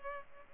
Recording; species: mosquito wingbeat signal from an infrared sensor; Culex pipiens